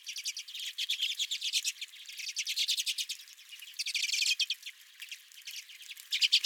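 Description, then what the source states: Redpolls trilling in quick rattling series, several short bursts of rapid notes separated by brief lulls. Several redpolls at the recordist's own feeder.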